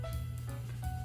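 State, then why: Not seated. A plastic toy building brick is pressed onto a Lego brick build over steady background music with drum-like sounds, with only soft bumps near 0.4 and 0.5 seconds. The brick does not click on, and nothing has seated or clicked yet.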